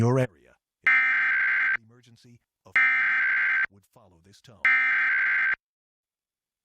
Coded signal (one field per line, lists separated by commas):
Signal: Emergency Alert System (SAME) tones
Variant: header bursts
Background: speech